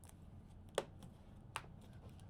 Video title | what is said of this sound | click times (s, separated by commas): I Reviewed 51 Galaxy S26 Ultra Cases —These Are the Best & Worst! | You'll hear some snaps. | 0.8 s, 1.6 s